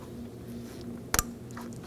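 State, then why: Seated. A wiring harness connector is plugged onto a new high beam headlight bulb on a 2017–2024 Nissan Armada. After a low steady background hum, a sharp double click sounds at 1.1 seconds as the connector seats securely, followed by faint light rustling.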